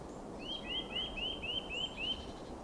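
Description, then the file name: Eurasian nuthatch calling a run of seven clear, upslurred whistles at an even pace, over a low continuous background rumble. "Sitta europaea"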